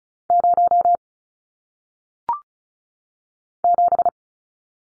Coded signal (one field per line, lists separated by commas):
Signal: Morse code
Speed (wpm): 36 wpm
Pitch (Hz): 700 Hz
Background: none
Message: 0 7